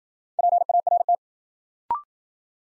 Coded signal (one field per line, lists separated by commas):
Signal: Morse code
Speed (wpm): 53 wpm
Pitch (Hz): 700 Hz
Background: none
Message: PART